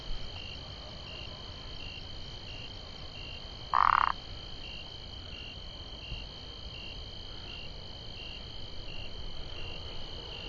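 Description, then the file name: Burmeister's leaf frog giving a single short, harsh croak about four seconds in, over a steady high insect drone. "Phyllomedusa burmeisteri"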